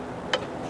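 A click-type torque wrench set to 15 pounds tightens a propeller bolt. Against a low, steady background, one sharp click sounds at 0.3 s as the wrench reaches its 15-pound setting, confirming the bolt is torqued.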